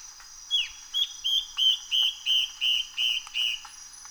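Yellow-browed antbird song, a sliding introductory note then eight steady whistled notes at a brisk regular pace, against a thin continuous high tone.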